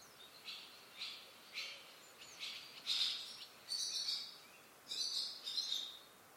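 Bird chirping: short high notes repeated roughly every half second, growing into brighter buzzy bursts toward the end, over a soft steady hiss.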